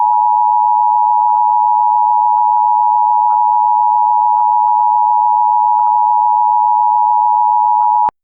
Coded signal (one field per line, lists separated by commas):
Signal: Emergency Alert System (SAME) tones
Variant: 853 and 960 Hz attention tone